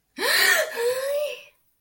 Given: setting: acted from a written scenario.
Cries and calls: vocal sound without words; positive surprise

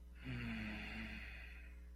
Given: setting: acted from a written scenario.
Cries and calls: vocal sound without words; serenity

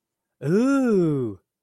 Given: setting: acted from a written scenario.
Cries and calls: vocal sound without words; elation

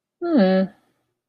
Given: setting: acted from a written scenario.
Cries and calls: vocal sound without words; neutral

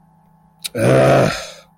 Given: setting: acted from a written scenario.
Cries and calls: vocal sound without words; disappointment

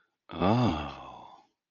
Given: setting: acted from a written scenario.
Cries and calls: vocal sound without words; desire

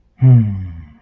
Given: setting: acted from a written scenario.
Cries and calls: vocal sound without words; confusion

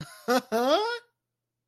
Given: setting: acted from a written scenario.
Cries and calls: vocal sound without words; positive surprise

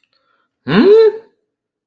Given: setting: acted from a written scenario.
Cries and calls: vocal sound without words; confusion

